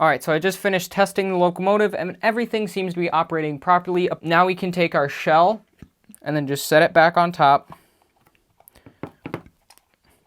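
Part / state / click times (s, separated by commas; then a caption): model locomotive body shell onto chassis/under-frame / not seated / none. Someone talks, then a plastic HO scale model locomotive body shell is set back on top of its chassis and lined up, making a few faint light taps and rattles near the end. The shell is not yet pushed home, so nothing has clicked into place yet.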